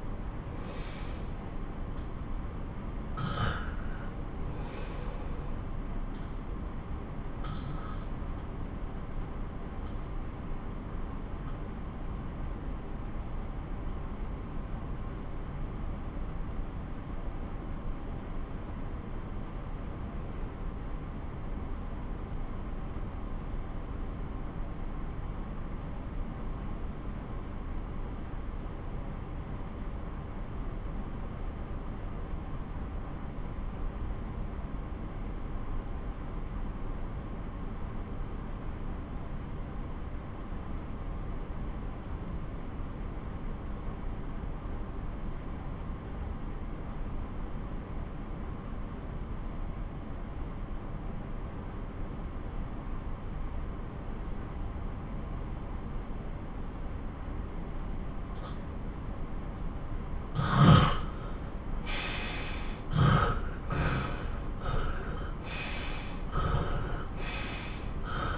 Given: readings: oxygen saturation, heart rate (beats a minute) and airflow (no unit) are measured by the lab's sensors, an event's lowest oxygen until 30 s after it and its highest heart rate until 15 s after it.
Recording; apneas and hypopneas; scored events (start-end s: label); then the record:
breathing in sleep by a smartphone at the bedside; 1
7.00-54.70 s: obstructive apnea (N1, oxygen 94% highest, then 79% lowest)
From the record:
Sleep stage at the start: N1 (lightest sleep); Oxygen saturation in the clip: 81 to 95%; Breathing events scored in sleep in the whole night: 217 in 6.3 hours asleep